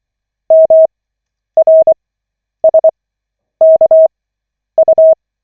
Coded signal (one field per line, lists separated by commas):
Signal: Morse code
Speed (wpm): 24 wpm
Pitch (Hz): 640 Hz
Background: none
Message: MRSKU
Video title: Koch 5/40, 23.12.2024, 9th(! :O) CW practice session